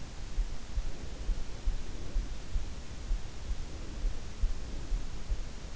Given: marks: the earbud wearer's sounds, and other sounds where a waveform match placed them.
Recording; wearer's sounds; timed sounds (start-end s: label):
sounds in sleep by an in-ear microphone; breath
0.69-2.53 s: breath
3.58-5.26 s: breath